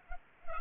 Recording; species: mosquito wingbeat signal from an infrared sensor; Culex pipiens